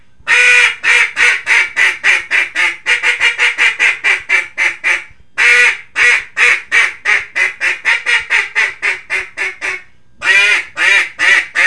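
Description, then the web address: Mallard quacking in rapid bursts of harsh nasal calls, broken by two short pauses, the series resuming each time. "Duck Mallard"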